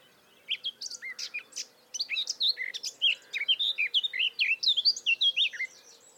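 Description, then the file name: Eurasian blackcap warbling steadily, rapid high twittering notes mixed with clear whistled slurs, building into a dense, continuous phrase. "Sylvia atricapilla"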